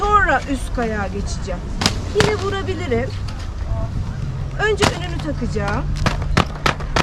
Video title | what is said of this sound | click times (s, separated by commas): Bu Kez Erzurum'da Kayak ve At Binme Dersi Aldım! Bir Şehrin Hikayesi, Erzurum! | bu sonra arkasının sattırma Emin olup çıt diye | 6.7 s